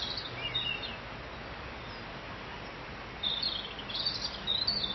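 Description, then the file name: Bird chirps in a brief twittering burst, a long pause, then denser high twittering phrases near the end, all over constant hiss. "Vogel"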